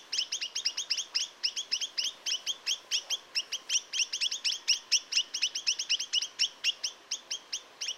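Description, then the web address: Chinese nuthatch giving a continuous rapid stream of brief, bright harmonic call notes over a quiet background. "Chinese nuthatch. صدای-پرنده-کمرکولی-چینی"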